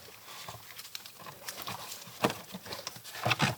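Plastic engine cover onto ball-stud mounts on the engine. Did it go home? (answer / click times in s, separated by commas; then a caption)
no / none. A plastic engine cover on a Land Rover Discovery 4 (LR4) is handled and pressed toward its three ball-stud mounting knobs on the engine, giving soft knocks and plastic rustling, with louder thumps near 2.2 and 3.3–3.4 seconds. Nothing has seated or clicked yet.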